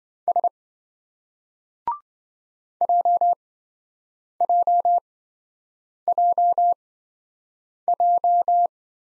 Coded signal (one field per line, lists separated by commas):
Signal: Morse code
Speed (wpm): 26 wpm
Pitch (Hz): 700 Hz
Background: none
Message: S JJJJ